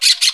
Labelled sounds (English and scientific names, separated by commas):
Brown-throated Parakeet (Eupsittula pertinax) contact call